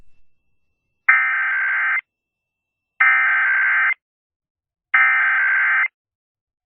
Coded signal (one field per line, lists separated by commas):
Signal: Emergency Alert System (SAME) tones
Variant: header bursts